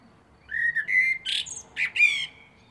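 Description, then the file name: Common blackbird song phrase of fluted whistles mixed with buzzy, squeaky high notes. "Turdus merula"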